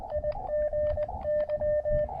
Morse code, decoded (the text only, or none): IGY